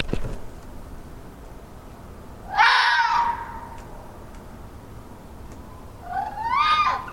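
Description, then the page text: Red fox screaming: two harsh, hoarse screams several seconds apart, the first falling away, the second rising, over a steady quiet hiss. Urban wild fox calling at midnight in Dún Laoghaire, Ireland. "PowersFlowers. Fox calls at midnight. #Fox #Wildlife #UrbanWildlife #Ireland #DunLaoghaire"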